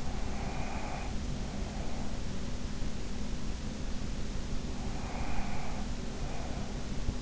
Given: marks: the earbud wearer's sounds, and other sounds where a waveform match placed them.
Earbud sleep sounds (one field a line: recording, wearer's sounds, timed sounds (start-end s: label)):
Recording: sounds in sleep by an in-ear microphone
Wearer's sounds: breath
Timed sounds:
0.00-2.28 s: breath
4.80-6.91 s: breath